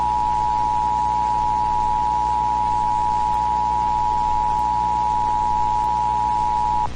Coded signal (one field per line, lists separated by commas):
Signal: Emergency Alert System (SAME) tones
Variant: 853 and 960 Hz attention tone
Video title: EAS Mock - "Wtf Alaska gets tornadoes??" (NEW SCREEN BTW Kinda similar to DASDEC)